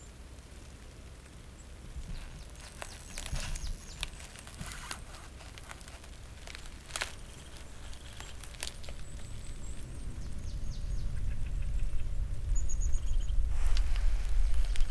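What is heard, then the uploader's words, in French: Ice cracks and sings in sharp, scattered snaps, clustered between about three and five seconds and recurring near seven and nine. Thin high whistles and chirps flicker above, a faint steady tone sets in midway, and a low rumble swells steadily louder toward the end. Lac Gelé. Silences poudreux et cristaux en apesanteur, dans l'épaisseur vibrante d'un moment au bord d'un lac dans le Jura. Là où même la glace se plie à la morsure du froid et se fend des chants les plus étranges, au rythme des bulles qui s'échappent.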